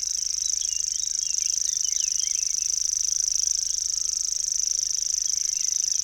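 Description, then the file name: Common grasshopper warbler giving a continuous high, even, cricket-like reel throughout, with scattered chirps and twitters of other birds underneath. "locustelle tachetee"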